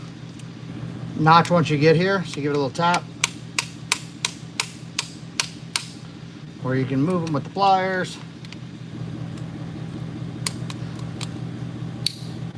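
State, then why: Seated. A JWT Nostrum direct fuel injector on a C7 is installed into the fuel rail/cylinder head with its retaining clip, tapped into the notch and worked with pliers while someone talks. A series of sharp metallic taps sounds between about 3.2 and 5.8 s and again near 10.5 s. The retaining clip snaps home at 12.1 s, locking the injector in place.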